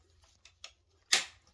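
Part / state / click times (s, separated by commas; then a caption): plastic fitting on a telescope tripod / seated / 1.1 s. A plastic fitting on the tripod of a Celestron PowerSeeker 50AZ telescope is pushed on after several tries, since it takes some time to engage. A few faint taps and small ticks come at 0.5 s and 0.6 s before it snaps into place with a sharp, bright click at 1.1 s, and the part is seated.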